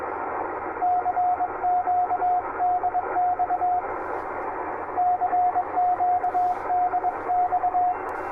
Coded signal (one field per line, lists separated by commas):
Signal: Morse code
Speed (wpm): 22 wpm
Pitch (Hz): 720 Hz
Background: radio noise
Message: CQ DX CQ DX